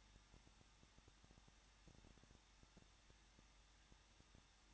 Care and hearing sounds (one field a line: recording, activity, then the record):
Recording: daily activity, microphone in the room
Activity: no activity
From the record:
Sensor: 3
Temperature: 21.3 degrees Celsius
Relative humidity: 36.2%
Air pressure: 1006.5 hPa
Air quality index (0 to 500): 220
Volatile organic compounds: 39 ppm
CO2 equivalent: 3132 ppm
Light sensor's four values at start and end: 2/3/2/2 and 2/3/2/2